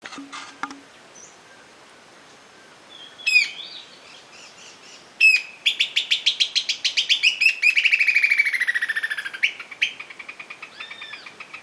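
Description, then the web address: Great xenops calling with scattered sharp chips, then a series of high, sharp notes falling in pitch into a chattering trill lasting about four seconds. "great-xenops صدای-پرنده-درفش-نوک-بزرگ"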